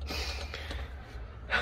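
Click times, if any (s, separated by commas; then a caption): none. A panel cut down about an inch to fit is pushed into its slot inside a 21-year-old Renault Kangoo van being converted into a micro camper, making only a soft bump around 0.5 s, followed by a gasp and a sharp breath near 1.5 s. Nothing has clicked or locked in; the panel still won't lock because a post has to be moved back.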